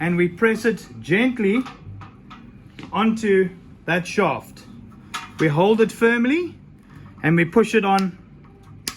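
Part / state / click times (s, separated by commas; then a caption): spout onto the pump shaft of a foot-stand sprayer / seated / 8.9 s. A replacement plastic spout is pressed gently, then held firmly and pushed onto the pump shaft of a foot-stand sprayer while someone talks. A sharp, short click at 8.9 s marks the spout seating fully on the shaft.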